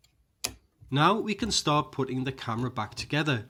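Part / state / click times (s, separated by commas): replacement front rubber grip into the cutouts of a mirrorless camera body / seated / 0.4 s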